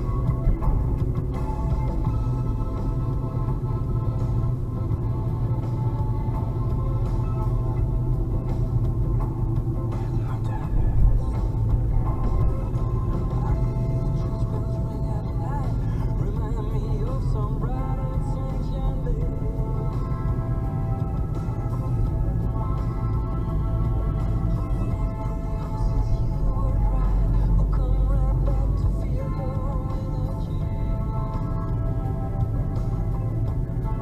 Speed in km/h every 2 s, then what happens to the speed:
53, 51, 50, 48, 48, 46, 50, 53, 53, 51, 50, 46, 40, 42, 44, 42, 38.
0-9 slows to 46. 17-24 slows to 40. 28-34 slows to 38.